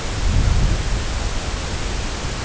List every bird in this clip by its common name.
none